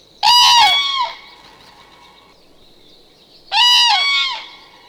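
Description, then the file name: Common crane calling, two loud trumpeting bugle notes separated by about two and a half seconds of quiet. "zuraw"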